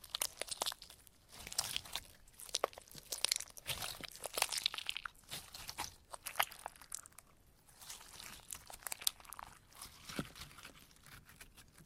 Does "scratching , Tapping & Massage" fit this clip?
yes